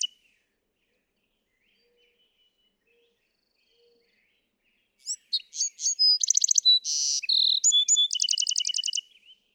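Bewick's wren song after a long quiet stretch: chirpy high notes, a short repeated series, a buzzy rasp, then a fast trill fading out.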